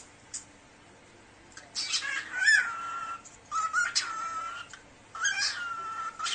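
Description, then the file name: Cockatiel giving three drawn-out phrases, each a scratchy onset sliding into a steady whistled tone, separated by quiet gaps. Cockatiel talking. "صدای-عروس-هلندی-حرف-زدن-عروس-هلندی"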